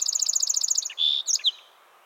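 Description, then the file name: Song sparrow song fragment: the end of a fast pulsing trill, followed by a drawn-out buzzy note and two or three sharp finishing notes. "Melospiza melodia - Song Sparrow"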